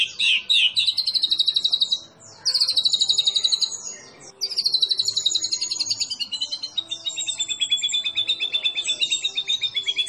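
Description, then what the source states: White-rumped shama song of rapid buzzy trills held high, broken by brief pauses, then a long descending rattling trill. Masteran training recording for songbirds, featuring a champion (juara) bird.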